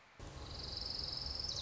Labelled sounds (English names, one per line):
Orange-crowned Warbler